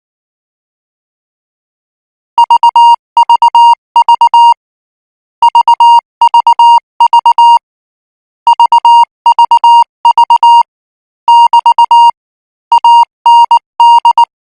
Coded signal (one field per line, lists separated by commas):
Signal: Morse code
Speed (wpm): 19 wpm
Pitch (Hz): 940 Hz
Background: music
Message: VVV VVV VVV <BT> AND